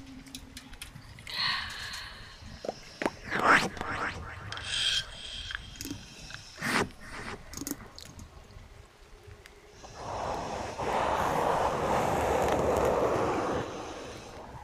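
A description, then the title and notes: Quiet ASMR sounds: a soft low hoot-like tone opens, then scattered crisp taps and knocks come every second or so. From about ten seconds a steady, dense rushing sound like running water fills the rest. NO TALKING OR WHISPERING.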